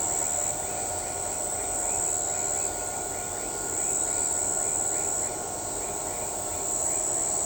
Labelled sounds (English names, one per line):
none